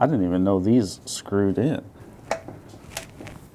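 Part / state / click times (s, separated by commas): spark plug wire boot onto distributor cap terminal / seated / 2.3 s, 3.0 s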